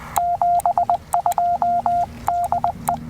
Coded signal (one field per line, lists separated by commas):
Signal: Morse code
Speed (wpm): 20 wpm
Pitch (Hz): 690 Hz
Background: none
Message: 72DE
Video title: Two Watts, Big Fun! POTA with the AX2 & KE8PTX’s 3D-Printed Mini Clamp